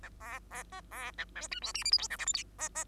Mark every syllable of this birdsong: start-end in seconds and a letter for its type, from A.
0.02-0.10 A, 0.20-0.39 B, 0.51-0.63 B, 0.72-0.81 C, 0.91-1.11 B, 1.18-1.25 A, 1.35-1.48 D, 1.51-1.60 E, 1.62-1.73 F, 1.74-1.84 G, 1.84-1.91 H, 1.91-1.98 I, 1.98-2.08 J, 2.10-2.17 K, 2.18-2.26 L, 2.26-2.33 M, 2.33-2.43 N, 2.58-2.69 C, 2.75-2.85 C